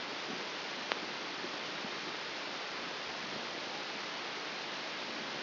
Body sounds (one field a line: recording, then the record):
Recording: brain microelectrode recording played as sound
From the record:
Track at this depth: inside the subthalamic nucleus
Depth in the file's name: 4.398 mm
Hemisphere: left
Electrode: 3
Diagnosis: Parkinson's disease